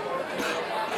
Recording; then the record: coughing mixed with background sound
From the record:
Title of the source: 64 coughing, allergies, singing lungs